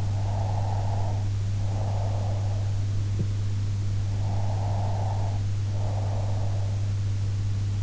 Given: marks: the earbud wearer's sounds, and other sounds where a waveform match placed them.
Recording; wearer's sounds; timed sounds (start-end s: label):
sounds in sleep by an in-ear microphone; breath
0.00-3.17 s: breath
4.05-7.17 s: breath